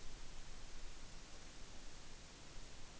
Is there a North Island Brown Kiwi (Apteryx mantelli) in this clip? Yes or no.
no